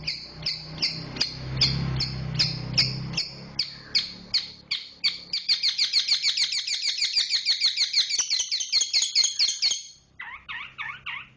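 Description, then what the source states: Oriental magpie-robin uttering repeated high notes that speed into a faster series, then a few softer wavering notes. Kacer chirping.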